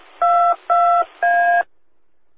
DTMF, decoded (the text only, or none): 22A